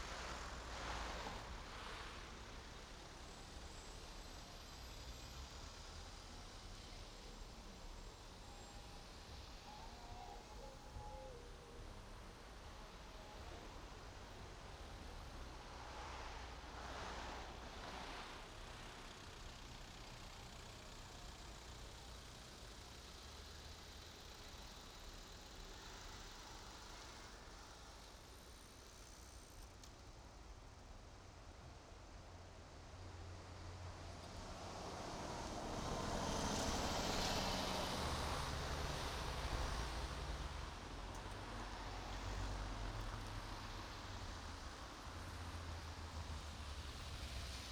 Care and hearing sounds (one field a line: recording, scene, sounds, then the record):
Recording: everyday scene through a hearing-aid microphone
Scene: in traffic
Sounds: traffic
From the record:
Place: main road on the outskirts, rush hour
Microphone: in the ear canal, right